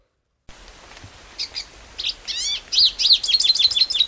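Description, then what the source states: Lesser Goldfinch song, a rapid run of high twittering notes and sweeping chirps that grows louder toward the end, over a faint hiss. Song containing call notes.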